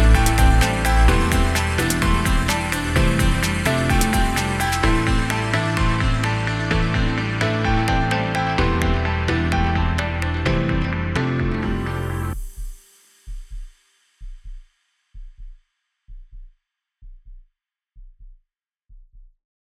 Heartbeat.